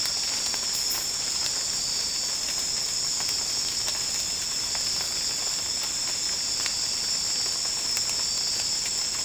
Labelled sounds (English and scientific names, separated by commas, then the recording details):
none
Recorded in secondary vegetation near Puerto Asís, Putumayo, Colombia, on 12 March 2025 at 00:00
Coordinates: 0.485, -76.322
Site G040